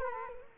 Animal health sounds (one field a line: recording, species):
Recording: mosquito wingbeat signal from an infrared sensor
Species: Culex quinquefasciatus